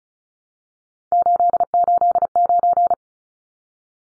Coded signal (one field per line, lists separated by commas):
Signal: Morse code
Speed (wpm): 34 wpm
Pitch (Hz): 700 Hz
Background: none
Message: 889